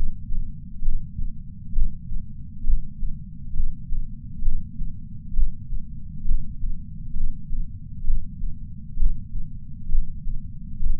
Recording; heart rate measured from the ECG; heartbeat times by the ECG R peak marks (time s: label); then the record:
heart sounds by patch sensor on the chest; 66 bpm
0.82 s: heartbeat
1.72 s: heartbeat
2.63 s: heartbeat
3.53 s: heartbeat
4.42 s: heartbeat
5.33 s: heartbeat
6.24 s: heartbeat
7.14 s: heartbeat
8.04 s: heartbeat
8.96 s: heartbeat
9.88 s: heartbeat
10.80 s: heartbeat
From the record:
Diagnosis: coronary artery disease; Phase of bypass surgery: preoperative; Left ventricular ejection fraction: 64%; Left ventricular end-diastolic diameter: 46 mm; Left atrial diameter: 41 mm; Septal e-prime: 5 cm/s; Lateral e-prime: 6 cm/s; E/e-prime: 12.5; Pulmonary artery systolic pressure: 30 mmHg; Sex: male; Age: 62 years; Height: 165 cm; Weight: 72 kg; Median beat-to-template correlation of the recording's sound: 0.93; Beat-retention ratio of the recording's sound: 0.99